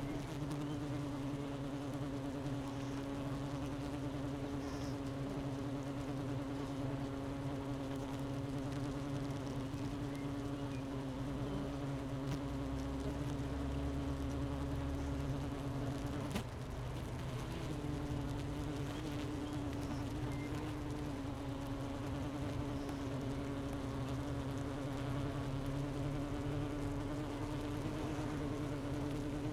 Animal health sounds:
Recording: honeybee colony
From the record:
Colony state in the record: missing queen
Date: 31 May 2018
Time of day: 10:42

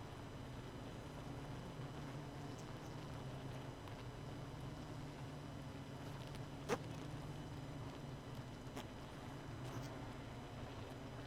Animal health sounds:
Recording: honeybee colony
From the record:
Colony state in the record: missing queen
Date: 31 May 2018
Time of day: 0:23

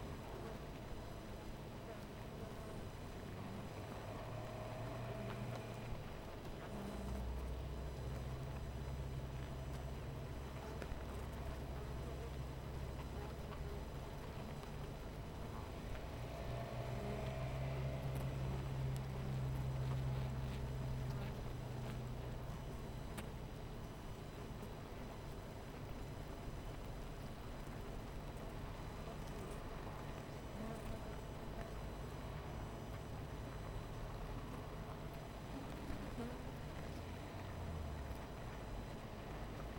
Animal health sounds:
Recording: honeybee colony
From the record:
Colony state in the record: missing queen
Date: 14 July 2017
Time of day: 12:30

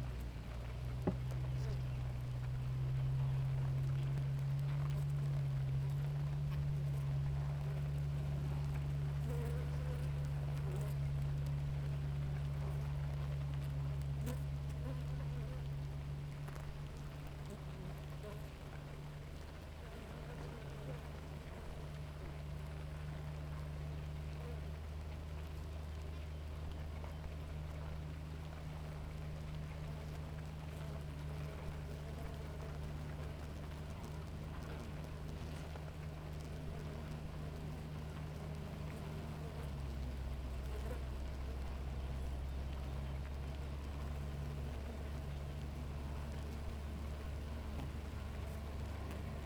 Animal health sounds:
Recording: honeybee colony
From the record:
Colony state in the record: active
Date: 28 July 2017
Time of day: 7:19

